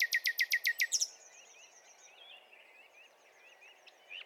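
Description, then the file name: Common nightingale song: a fast burst of about eight loud repeated notes, followed by softer high trills and scattered whistled notes. "Luscinia megarhynchos"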